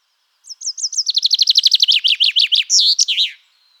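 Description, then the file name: Common chaffinch singing one rapid phrase of repeated chipping notes that slide downward, finishing with a quick emphatic flourish. "Fringilla coelebs"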